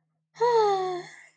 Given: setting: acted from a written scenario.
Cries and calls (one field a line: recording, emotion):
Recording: vocal sound without words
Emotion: ecstasy